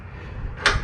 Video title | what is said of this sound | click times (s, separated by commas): Make a Better Band saw lock down for the Harbor Freight 4X6 band saw: Compiled video from older set | clicks back in so i know it's not going to rattle out on me | 0.7 s